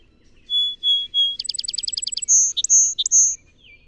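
Song sparrow song: three clear whistled notes, a fast stuttering trill of many short notes, then a few long high whistles mixed with short lower notes to finish.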